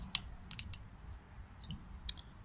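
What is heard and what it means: On the passenger-side front wiper of a 2012–2016 Porsche Cayman, the small plastic release button is pushed in one-handed and the wiper blade is pulled off the wiper arm. A sharp click at 0.1 s is followed by lighter clicks and rattles around 0.5–0.7 s, 1.7 s and 2.1 s over a low background rumble. The blade comes free of the arm.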